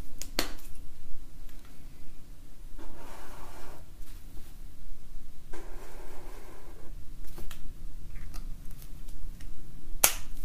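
Markers drawing on paper: two longer scratchy strokes, around 3 and 6 seconds, and scattered short taps and dabs. The sharpest clicks come near 0.5 and 10 seconds, likely caps or the tip striking the page. A low steady rumble runs underneath throughout.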